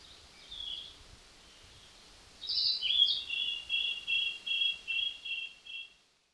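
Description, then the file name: Zappey's flycatcher song: a faint high thin note, then a sweeping phrase leading into a steady run of about seven repeated, evenly spaced whistled notes. Song at Lingshan on 7 June 2020 at 05:41. "2020-06-07-0541-Zappeys-Flycatcher-song-Lingshan"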